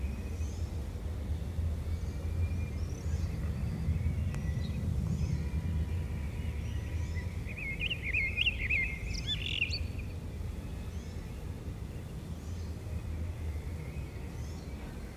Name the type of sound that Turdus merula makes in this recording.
song